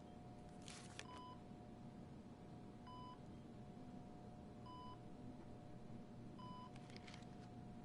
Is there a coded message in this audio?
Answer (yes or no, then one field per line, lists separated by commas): no